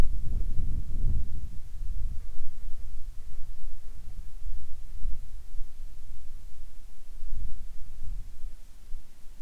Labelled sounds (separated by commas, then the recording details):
wind, insects
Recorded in the Arctic National Wildlife Refuge, Alaska, on 7 July 2019 at 18:34
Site 41